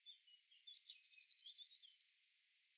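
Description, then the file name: Eurasian blue tit: one high, thin note dropping into a quick, evenly pulsed trill of about one and a half seconds, clean and without other sounds. "Cyanistes caeruleus"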